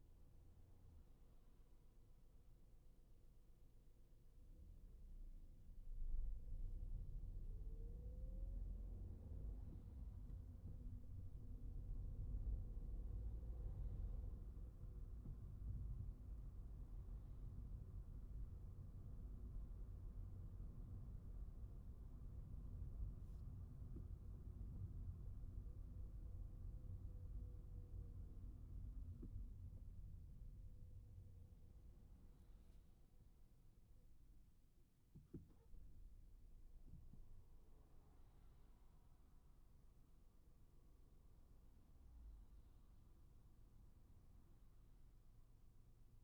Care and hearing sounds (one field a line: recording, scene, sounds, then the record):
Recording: everyday scene through a hearing-aid microphone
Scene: in a vehicle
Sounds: engine, traffic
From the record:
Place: Skoda Fabia, gasoline engine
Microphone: behind the ear, right, rear